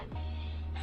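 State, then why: Not seated. Mounting brackets of a Milwaukee M18 12-inch compound miter saw are handled onto the rail of a DeWalt DE7033-XJ saw stand, with a steady low hum throughout and a brief louder knock near the end. Nothing has seated or clicked into place yet.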